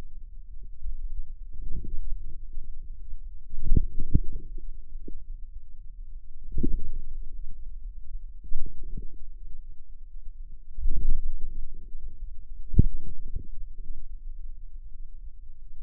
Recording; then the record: forearm muscle sounds (acoustic myography)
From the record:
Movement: inward rotation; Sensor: system 2, bracelet of six BSWA MPA416 microphones around the upper forearm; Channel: 5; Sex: female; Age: 23 years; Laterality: right